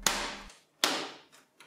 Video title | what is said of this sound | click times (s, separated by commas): HP ProDesk 400 G1 MT: Teardown - Upgrade - Benchmarks | and clicks back in place on the left side after turning it, | 0.1 s, 0.8 s